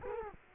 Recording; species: mosquito wingbeat signal from an infrared sensor; Culex quinquefasciatus